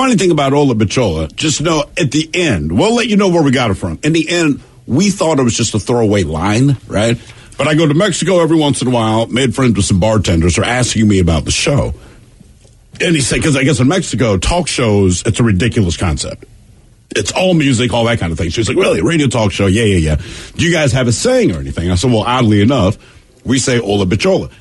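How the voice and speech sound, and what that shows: Adult male radio talk-show host speaking with normal, fluent conversational speech in a low-pitched voice, with a few brief pauses.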